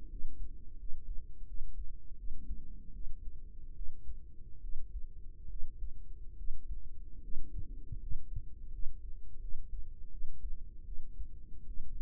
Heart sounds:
heart sounds by microphone in the right ear; 78 bpm
0.08 s: heartbeat
0.77 s: heartbeat
1.45 s: heartbeat
2.15 s: heartbeat
2.91 s: heartbeat
3.73 s: heartbeat
4.60 s: heartbeat
5.47 s: heartbeat
6.35 s: heartbeat
7.20 s: heartbeat
7.98 s: heartbeat
8.70 s: heartbeat
9.39 s: heartbeat
10.09 s: heartbeat
10.83 s: heartbeat
11.65 s: heartbeat
From the record:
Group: healthy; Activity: rest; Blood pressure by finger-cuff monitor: 120/63 mmHg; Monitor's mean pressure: 76 mmHg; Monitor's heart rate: 83 bpm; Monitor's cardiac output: 6.6 L/min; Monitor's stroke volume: 79 mL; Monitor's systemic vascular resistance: 820 dyn s/cm5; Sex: female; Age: 32 years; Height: 168 cm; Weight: 61.9 kg

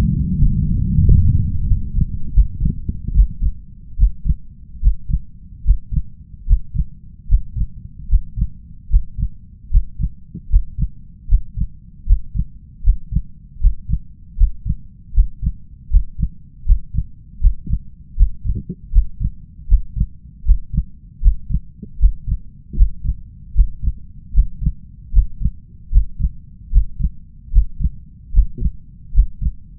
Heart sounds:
heart sounds by stethoscope; 77 bpm
0.38 s: heartbeat
1.04 s: heartbeat
1.66 s: heartbeat
2.32 s: heartbeat
3.13 s: heartbeat
3.96 s: heartbeat
4.80 s: heartbeat
5.63 s: heartbeat
6.45 s: heartbeat
7.27 s: heartbeat
8.07 s: heartbeat
8.88 s: heartbeat
9.69 s: heartbeat
10.48 s: heartbeat
11.27 s: heartbeat
12.04 s: heartbeat
12.82 s: heartbeat
13.59 s: heartbeat
14.35 s: heartbeat
15.12 s: heartbeat
15.88 s: heartbeat
16.64 s: heartbeat
17.39 s: heartbeat
18.15 s: heartbeat
18.90 s: heartbeat
19.66 s: heartbeat
20.43 s: heartbeat
21.20 s: heartbeat
21.98 s: heartbeat
22.75 s: heartbeat
23.53 s: heartbeat
24.32 s: heartbeat
25.11 s: heartbeat
25.90 s: heartbeat
26.70 s: heartbeat
27.51 s: heartbeat
28.31 s: heartbeat
29.12 s: heartbeat
From the record:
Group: healthy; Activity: breath hold 0-28 s, rest 28-30 s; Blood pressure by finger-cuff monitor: 124/76 mmHg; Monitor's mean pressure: 90 mmHg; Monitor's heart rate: 77 bpm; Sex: male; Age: 21 years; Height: 180 cm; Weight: 67.5 kg

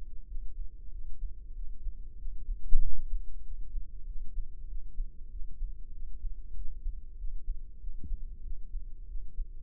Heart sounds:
heart sounds by microphone in the left ear; 95 bpm
0.30 s: heartbeat
0.94 s: heartbeat
1.57 s: heartbeat
2.21 s: heartbeat
2.84 s: heartbeat
3.46 s: heartbeat
4.09 s: heartbeat
4.71 s: heartbeat
5.33 s: heartbeat
5.95 s: heartbeat
6.58 s: heartbeat
7.20 s: heartbeat
7.82 s: heartbeat
8.46 s: heartbeat
9.10 s: heartbeat
From the record:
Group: healthy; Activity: rest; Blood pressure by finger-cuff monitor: 131/75 mmHg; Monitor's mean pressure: 92 mmHg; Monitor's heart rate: 96 bpm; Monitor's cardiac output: 7.8 L/min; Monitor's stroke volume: 82 mL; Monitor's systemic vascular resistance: 870 dyn s/cm5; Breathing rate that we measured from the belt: 20 breaths a minute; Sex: male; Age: 21 years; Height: 175 cm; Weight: 72.6 kg

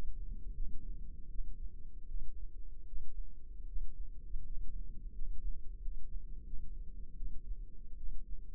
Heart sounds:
heart sounds by microphone in the left ear; 81 bpm
0.53 s: heartbeat
1.27 s: heartbeat
2.06 s: heartbeat
2.84 s: heartbeat
3.64 s: heartbeat
4.42 s: heartbeat
5.11 s: heartbeat
5.78 s: heartbeat
6.44 s: heartbeat
7.14 s: heartbeat
7.95 s: heartbeat
From the record:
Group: healthy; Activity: rest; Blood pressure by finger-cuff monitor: 98/52 mmHg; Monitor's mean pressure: 66 mmHg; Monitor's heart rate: 87 bpm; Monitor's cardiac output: 7.1 L/min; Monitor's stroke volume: 88 mL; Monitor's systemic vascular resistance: 650 dyn s/cm5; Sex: female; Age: 26 years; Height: 165 cm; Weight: 55 kg

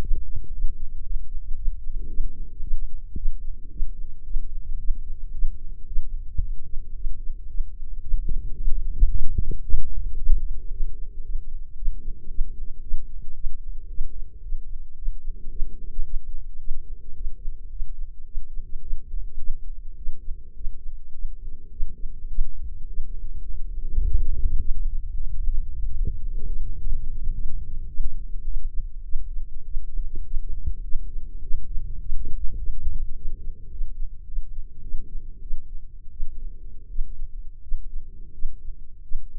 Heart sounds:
heart sounds by microphone in the right ear; 106 bpm
0.03 s: heartbeat
0.54 s: heartbeat
1.05 s: heartbeat
1.57 s: heartbeat
2.09 s: heartbeat
2.63 s: heartbeat
3.17 s: heartbeat
3.71 s: heartbeat
4.25 s: heartbeat
4.79 s: heartbeat
5.33 s: heartbeat
5.87 s: heartbeat
6.42 s: heartbeat
6.95 s: heartbeat
7.49 s: heartbeat
8.03 s: heartbeat
8.57 s: heartbeat
9.10 s: heartbeat
9.64 s: heartbeat
10.18 s: heartbeat
10.71 s: heartbeat
11.24 s: heartbeat
11.77 s: heartbeat
12.30 s: heartbeat
12.83 s: heartbeat
13.36 s: heartbeat
13.89 s: heartbeat
14.43 s: heartbeat
14.97 s: heartbeat
15.51 s: heartbeat
16.05 s: heartbeat
16.60 s: heartbeat
17.15 s: heartbeat
17.70 s: heartbeat
18.26 s: heartbeat
18.81 s: heartbeat
19.39 s: heartbeat
19.97 s: heartbeat
20.55 s: heartbeat
21.13 s: heartbeat
21.71 s: heartbeat
22.29 s: heartbeat
22.87 s: heartbeat
23.45 s: heartbeat
24.03 s: heartbeat
24.59 s: heartbeat
25.15 s: heartbeat
25.70 s: heartbeat
26.25 s: heartbeat
26.79 s: heartbeat
27.33 s: heartbeat
27.88 s: heartbeat
28.44 s: heartbeat
29.04 s: heartbeat
29.65 s: heartbeat
30.24 s: heartbeat
30.83 s: heartbeat
31.42 s: heartbeat
32.00 s: heartbeat
32.58 s: heartbeat
33.15 s: heartbeat
33.70 s: heartbeat
34.26 s: heartbeat
34.82 s: heartbeat
35.41 s: heartbeat
36.11 s: heartbeat
36.88 s: heartbeat
37.62 s: heartbeat
38.33 s: heartbeat
39.03 s: heartbeat
From the record:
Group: healthy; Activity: rest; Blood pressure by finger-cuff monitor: 136/74 mmHg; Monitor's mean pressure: 89 mmHg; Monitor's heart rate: 109 bpm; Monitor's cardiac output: 9.4 L/min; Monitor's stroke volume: 88 mL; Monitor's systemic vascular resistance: 680 dyn s/cm5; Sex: male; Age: 19 years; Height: 178 cm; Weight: 83 kg

